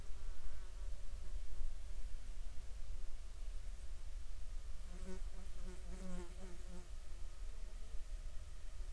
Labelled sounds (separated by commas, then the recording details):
animal
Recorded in the Prudhoe Bay oil fields, Alaska, on 9 July 2019 at 09:31
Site 14